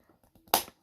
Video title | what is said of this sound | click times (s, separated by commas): What did I Do To The Khann Bumper ft. Model Car Review | There you go. Snap there. | 0.5 s